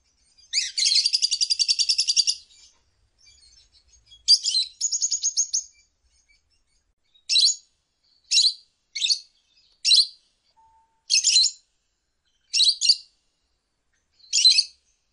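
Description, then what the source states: Lovebird chattering song: a long rapid trill of harsh pulses for about two seconds, then another chatter and a string of brief shrill chirps. Lovebird ngekek song, used as a bait song to prompt other lovebirds to sing.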